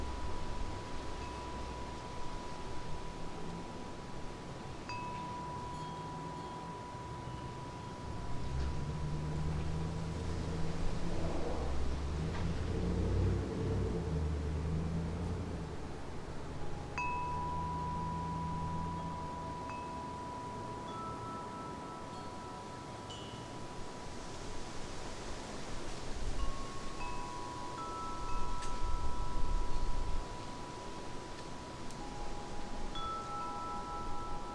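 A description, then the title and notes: Wind chimes ring with long, sustained tones that overlap and linger, new notes entering every few seconds, with a busier cluster after about 17 seconds. Underneath runs a steady rushing hiss, and a low rumble swells around 10 to 15 seconds. Relaxing Wind Chime Sounds. They create a gentle melody when touched by the wind.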